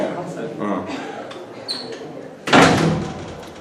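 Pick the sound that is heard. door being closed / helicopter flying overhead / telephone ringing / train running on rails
door being closed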